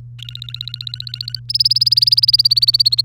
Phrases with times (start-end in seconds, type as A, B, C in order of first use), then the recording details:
0.19-1.40 A, 1.49-3.01 B. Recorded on 3 May 2018 at 12:22. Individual llb3